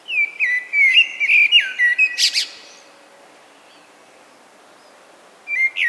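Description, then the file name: Common blackbird with a lengthy fluting phrase of repeated whistled notes, ending in a high scratchy flourish, followed by quiet and the start of another phrase. "Turdus merula"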